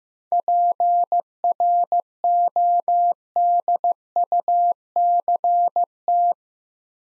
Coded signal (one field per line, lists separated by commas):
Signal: Morse code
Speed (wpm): 15 wpm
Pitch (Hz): 700 Hz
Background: none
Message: PRODUCT